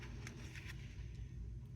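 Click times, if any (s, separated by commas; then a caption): none. Someone pulls the small plastic tab on a Lionel toy train missile-launcher car with the foam shim removed, and the tab fails to lock into its locking position. Over a steady low rumble, a brief faint tap is heard at about 0.3 s, with a few softer rustles after it. Nothing has seated or clicked yet.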